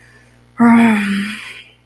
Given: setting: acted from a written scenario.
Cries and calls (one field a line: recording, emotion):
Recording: vocal sound without words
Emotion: anger